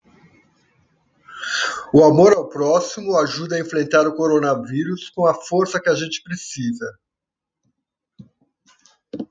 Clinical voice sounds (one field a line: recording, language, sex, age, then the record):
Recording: spoken sentence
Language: Brazilian Portuguese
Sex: male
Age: 60 to 69 years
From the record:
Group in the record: control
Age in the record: 63 years